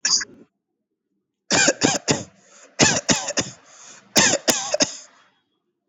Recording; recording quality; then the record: shallow voluntary cough; excellent, no background noise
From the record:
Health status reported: recovered from COVID-19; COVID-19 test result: positive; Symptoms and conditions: none ticked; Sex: male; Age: 25 years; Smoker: not ticked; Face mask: not worn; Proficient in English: yes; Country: India